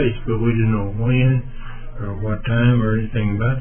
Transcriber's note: none